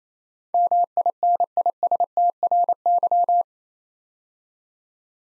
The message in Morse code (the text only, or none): MINISTRY